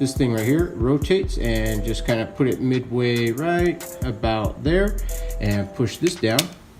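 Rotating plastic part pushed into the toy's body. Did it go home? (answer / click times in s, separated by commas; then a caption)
no / none. While a plastic toy can is transformed into a plane, a rotating plastic part is turned to midway and pushed down into the toy's body. Someone talks throughout, and the clip ends before the part snaps into place; nothing has seated or clicked yet.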